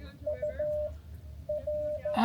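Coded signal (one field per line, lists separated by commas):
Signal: Morse code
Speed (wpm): 14 wpm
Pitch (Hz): 600 Hz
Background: speech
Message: UR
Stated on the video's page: Live CW park activation in the field, with a few SSB contacts.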